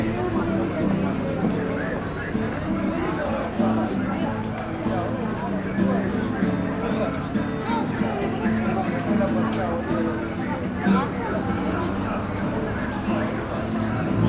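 A busy pedestrian street corner with a steady, dense murmur of many voices. Footsteps and small clicks tap through it irregularly, and a few low sustained tones drift in and out in the background.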